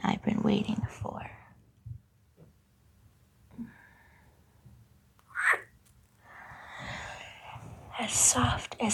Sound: whispers; kisses